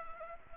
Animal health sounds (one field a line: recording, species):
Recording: mosquito wingbeat signal from an infrared sensor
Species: Anopheles arabiensis